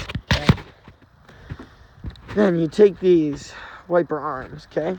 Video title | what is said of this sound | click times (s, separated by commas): 2001 2007 ford focus wiper transmission installation/removal tips | Basically, this all pops into place right here. Okay. | 0.3 s